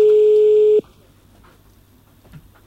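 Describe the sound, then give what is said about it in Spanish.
A telephone call to a cellphone rings through: one loud, steady electronic tone holds for under a second, then cuts off abruptly, leaving only faint background hiss and a few soft clicks. “Vamos a llamar”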